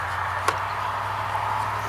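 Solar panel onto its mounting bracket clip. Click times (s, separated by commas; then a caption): 0.5 s. A solar panel for a VANBAR wireless solar-powered FHD 1080P outdoor security camera is slid onto its plastic mount, with the indentation on the panel lined up with the clip on the mount. A short, sharp click at 0.5 s stands out over steady low background hum as the panel locks into place on the clip and seats.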